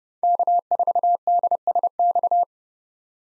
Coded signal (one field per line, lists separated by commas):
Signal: Morse code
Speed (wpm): 30 wpm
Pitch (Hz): 700 Hz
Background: none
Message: K4DSX